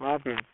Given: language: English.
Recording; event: throat vibration sensor signal played as sound; speech